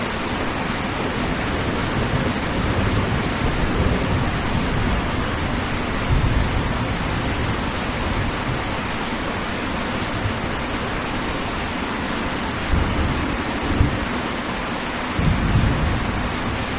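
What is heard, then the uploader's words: Gentle rain hisses steadily throughout, with soft low thunder rumbles swelling briefly around six, thirteen to fourteen, and fifteen seconds. Gentle Thunderstorm. The gentle sounds of rain and light thunder.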